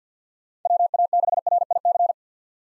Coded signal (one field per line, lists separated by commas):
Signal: Morse code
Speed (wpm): 49 wpm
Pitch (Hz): 700 Hz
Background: none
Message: WA6RIC